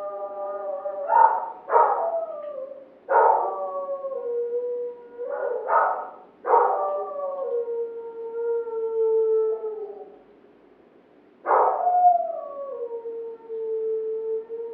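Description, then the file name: Dog giving abrupt barks that each slide into a long, falling, whining howl, in bursts spread unevenly throughout with quiet gaps between. Neighbours' dog barking. "Digiffects Sound Effects Library - Neighbours Dog Barking"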